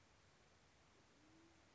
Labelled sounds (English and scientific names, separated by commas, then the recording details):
Band-tailed Pigeon (Patagioenas fasciata)
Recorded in Sonoma County, California